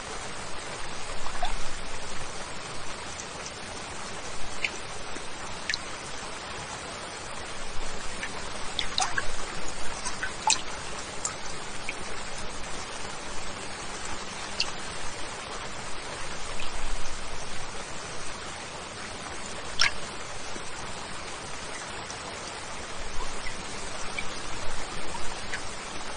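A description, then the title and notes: Steady rain hisses throughout, its level rising and falling gently, with scattered brighter drips and taps landing every few seconds. Relaxation in the rain.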